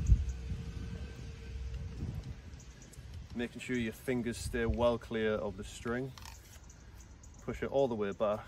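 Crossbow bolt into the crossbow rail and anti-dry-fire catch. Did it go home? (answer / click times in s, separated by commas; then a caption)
no / none. A crossbow bolt is laid in the flight rail of a recurve crossbow with the odd red vane down and lined up, ready to be pushed back toward the anti-dry-fire catch, with only soft handling sounds while someone talks. Nothing has seated or clicked yet.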